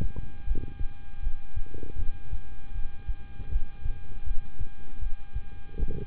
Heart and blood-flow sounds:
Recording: heart sounds by stethoscope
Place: between the tricuspid and mitral areas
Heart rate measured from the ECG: 79 bpm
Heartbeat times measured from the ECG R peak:
0.44 s: heartbeat
1.20 s: heartbeat
1.96 s: heartbeat
2.72 s: heartbeat
3.49 s: heartbeat
4.24 s: heartbeat
4.99 s: heartbeat
5.76 s: heartbeat
From the record:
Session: rest, lying down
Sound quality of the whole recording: good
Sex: male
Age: 26 years

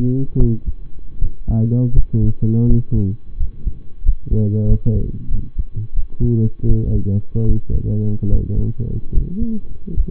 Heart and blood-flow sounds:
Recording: heart sounds by stethoscope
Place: between the tricuspid and mitral areas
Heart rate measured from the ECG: 81 bpm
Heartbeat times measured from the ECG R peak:
0.36 s: heartbeat
1.18 s: heartbeat
1.93 s: heartbeat
2.66 s: heartbeat
3.37 s: heartbeat
4.02 s: heartbeat
4.66 s: heartbeat
5.29 s: heartbeat
5.93 s: heartbeat
6.65 s: heartbeat
7.45 s: heartbeat
8.28 s: heartbeat
9.11 s: heartbeat
9.94 s: heartbeat
From the record:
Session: rest, lying down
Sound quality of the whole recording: partially saturated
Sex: male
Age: 25 years

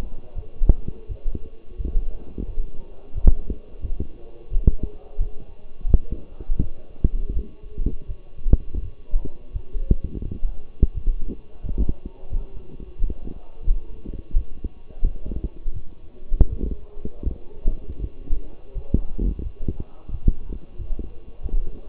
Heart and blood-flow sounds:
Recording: heart sounds by stethoscope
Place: between the tricuspid and mitral areas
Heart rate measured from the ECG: 85 bpm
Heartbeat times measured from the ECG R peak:
0.34 s: heartbeat
1.08 s: heartbeat
1.77 s: heartbeat
2.46 s: heartbeat
3.14 s: heartbeat
3.81 s: heartbeat
4.50 s: heartbeat
5.18 s: heartbeat
5.87 s: heartbeat
6.60 s: heartbeat
7.33 s: heartbeat
8.07 s: heartbeat
8.81 s: heartbeat
9.52 s: heartbeat
10.24 s: heartbeat
10.94 s: heartbeat
11.62 s: heartbeat
12.30 s: heartbeat
12.98 s: heartbeat
13.64 s: heartbeat
14.34 s: heartbeat
15.03 s: heartbeat
15.73 s: heartbeat
16.49 s: heartbeat
17.24 s: heartbeat
18.00 s: heartbeat
18.74 s: heartbeat
19.43 s: heartbeat
20.11 s: heartbeat
20.77 s: heartbeat
21.42 s: heartbeat
From the record:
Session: walking at 3.7 km/h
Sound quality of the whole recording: partially saturated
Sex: male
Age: 24 years

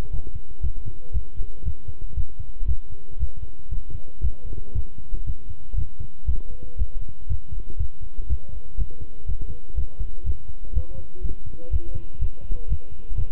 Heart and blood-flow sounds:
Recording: heart sounds by stethoscope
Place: between the tricuspid and mitral areas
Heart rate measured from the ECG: 120 bpm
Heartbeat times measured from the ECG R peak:
0.12 s: heartbeat
0.63 s: heartbeat
1.14 s: heartbeat
1.65 s: heartbeat
2.16 s: heartbeat
2.67 s: heartbeat
3.19 s: heartbeat
3.71 s: heartbeat
4.23 s: heartbeat
4.75 s: heartbeat
5.26 s: heartbeat
5.77 s: heartbeat
6.27 s: heartbeat
6.78 s: heartbeat
7.29 s: heartbeat
7.79 s: heartbeat
8.29 s: heartbeat
8.79 s: heartbeat
9.28 s: heartbeat
9.77 s: heartbeat
10.26 s: heartbeat
10.75 s: heartbeat
11.23 s: heartbeat
11.72 s: heartbeat
12.21 s: heartbeat
12.69 s: heartbeat
13.17 s: heartbeat
From the record:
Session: walking at 3.7 km/h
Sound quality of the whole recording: good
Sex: male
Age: 25 years

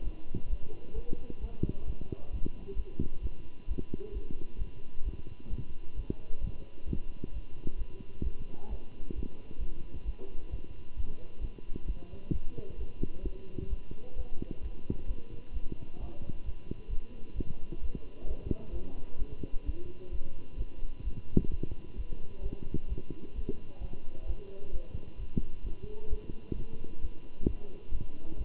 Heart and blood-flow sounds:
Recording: heart sounds by stethoscope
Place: between the tricuspid and mitral areas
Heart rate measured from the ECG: 131 bpm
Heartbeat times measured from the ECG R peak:
0.03 s: heartbeat
0.49 s: heartbeat
0.94 s: heartbeat
1.40 s: heartbeat
1.86 s: heartbeat
2.31 s: heartbeat
2.76 s: heartbeat
3.21 s: heartbeat
3.67 s: heartbeat
4.13 s: heartbeat
4.58 s: heartbeat
5.04 s: heartbeat
5.49 s: heartbeat
5.95 s: heartbeat
6.40 s: heartbeat
6.87 s: heartbeat
7.33 s: heartbeat
7.78 s: heartbeat
8.23 s: heartbeat
8.69 s: heartbeat
9.15 s: heartbeat
9.59 s: heartbeat
10.05 s: heartbeat
10.50 s: heartbeat
10.96 s: heartbeat
11.40 s: heartbeat
11.86 s: heartbeat
12.31 s: heartbeat
12.77 s: heartbeat
13.23 s: heartbeat
13.69 s: heartbeat
14.15 s: heartbeat
14.62 s: heartbeat
15.07 s: heartbeat
15.53 s: heartbeat
15.99 s: heartbeat
16.45 s: heartbeat
16.89 s: heartbeat
17.35 s: heartbeat
17.81 s: heartbeat
18.27 s: heartbeat
18.72 s: heartbeat
19.18 s: heartbeat
19.65 s: heartbeat
20.11 s: heartbeat
20.57 s: heartbeat
21.03 s: heartbeat
21.50 s: heartbeat
21.96 s: heartbeat
22.42 s: heartbeat
22.88 s: heartbeat
23.34 s: heartbeat
23.80 s: heartbeat
24.26 s: heartbeat
24.72 s: heartbeat
25.18 s: heartbeat
25.63 s: heartbeat
26.09 s: heartbeat
26.54 s: heartbeat
27.01 s: heartbeat
27.46 s: heartbeat
27.91 s: heartbeat
28.37 s: heartbeat
From the record:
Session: Bruce protocol treadmill stress test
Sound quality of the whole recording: good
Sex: male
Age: 23 years

